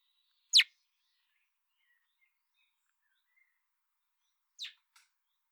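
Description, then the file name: Common blackbird calls: a loud sharp tick, then after four seconds a softer second tick and a faint click. "Turdus merula"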